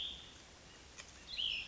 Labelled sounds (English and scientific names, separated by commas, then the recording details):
Cassin's Vireo (Vireo cassinii)
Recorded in Sonoma County, California